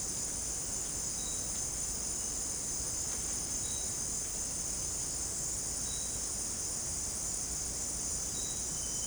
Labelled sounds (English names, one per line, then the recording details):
none
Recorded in dense forest near Puerto Asís, Putumayo, Colombia, on 24 June 2025 at 16:30
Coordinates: 0.499, -76.324
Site G100